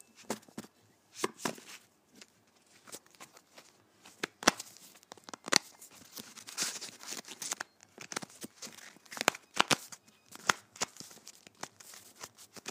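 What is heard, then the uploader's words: Playing cards being handled: quick papery flicks, riffles and rustles come in irregular bursts throughout. Several sharp snaps stand out, near 4.5, 5.5 and 9 seconds, and short quiet gaps fall between the busier flurries of crisp, bright shuffling. ASMR Playing Cards.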